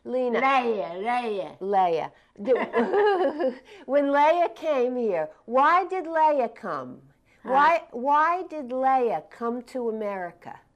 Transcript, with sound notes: Lena.
Leah.
Leah. [laughter] When Leah came here, why did Leah come?
Huh?
Why — why did Leah come to America?